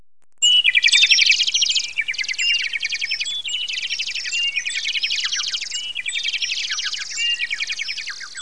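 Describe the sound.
Bird calls: rapid high-pitched chirps and twitters running together almost without pause after a short silent start, with no other clear sounds.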